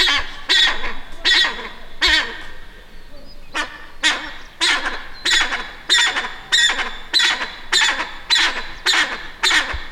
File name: Golosa ptic - Sinij ushastyj fazan lat Crossoptilon auritum